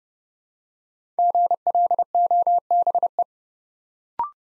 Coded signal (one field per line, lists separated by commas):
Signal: Morse code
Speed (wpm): 30 wpm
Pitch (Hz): 700 Hz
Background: none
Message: GLOBE